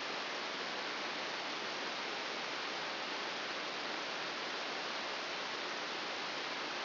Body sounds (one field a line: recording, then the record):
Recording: brain microelectrode recording played as sound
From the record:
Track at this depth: outside the subthalamic nucleus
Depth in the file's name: 6.201 mm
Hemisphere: right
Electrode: 2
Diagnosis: Parkinson's disease